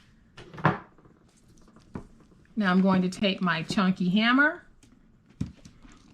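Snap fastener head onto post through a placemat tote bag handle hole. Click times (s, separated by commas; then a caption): 0.6 s. A mushroom-shaped snap fastener head is pressed onto a snap post pushed through the handle hole of a woven placemat tote bag, and it snaps on with a sharp click at 0.6 s, before any hammering. A few faint knocks follow around 2.0 s and 5.4 s, and in between someone talks.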